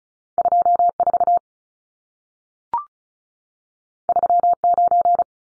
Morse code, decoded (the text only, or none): 24 39